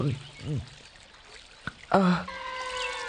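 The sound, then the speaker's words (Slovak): Someone drinks water from a small stream: two quick gulping, slurping sips, then a sharp click and a voiced swallow-like sound, with a faint trickle of running water and soft tones lingering underneath. “Aha, potôčik.”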